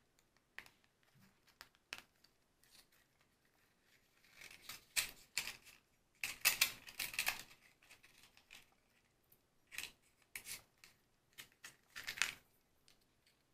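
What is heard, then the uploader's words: Sharp, bright tapping clicks arrive in irregular clusters against near silence, with a few isolated taps in the first four seconds. Denser crackling bursts build around five to seven seconds and again near ten to twelve seconds, then fade to quiet. Fire Crackling. Tapping. Candles.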